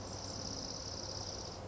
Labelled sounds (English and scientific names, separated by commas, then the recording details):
Dark-eyed Junco (Junco hyemalis)
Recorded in Sonoma County, California